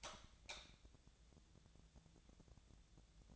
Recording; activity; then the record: daily activity, microphone in the room; light on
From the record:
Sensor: 3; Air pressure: 1000.0 hPa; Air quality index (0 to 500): 126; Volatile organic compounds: 2 ppm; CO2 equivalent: 1125 ppm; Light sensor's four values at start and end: 35/89/38/41 and 37/94/40/44